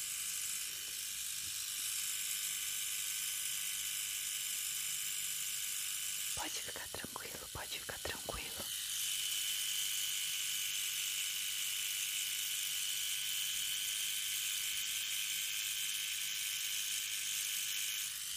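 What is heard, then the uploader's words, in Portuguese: A hair clipper buzzes steadily, a bright whining hum. Around six to nine seconds the buzz drops out for a quick run of crisp snipping clicks, then the clipper starts again and runs to the end. ASMR BARBEARIA.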